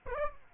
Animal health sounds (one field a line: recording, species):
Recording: mosquito wingbeat signal from an infrared sensor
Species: Aedes aegypti